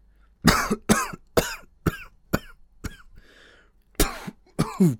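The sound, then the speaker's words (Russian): A hoarse man clears his throat with a series of harsh, raspy coughs in quick succession, a brief soft spitting hiss, then a few more rough hacks, loud and with no talking. “Шарп откашлялся и сплюнул.”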